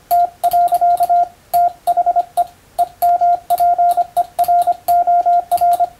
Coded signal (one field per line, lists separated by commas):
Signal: Morse code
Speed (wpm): 25 wpm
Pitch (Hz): 700 Hz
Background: radio noise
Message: T. THE EMPEROR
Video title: 【モールス符号を打電せよ！】欧文モールス信号１２５字／分、第一級総合無線通信士の電気通信術の練習です。モールスの受信練習に(practice for radiotelegraph operator)